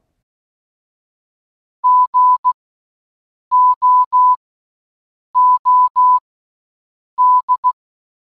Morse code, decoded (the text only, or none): GOOD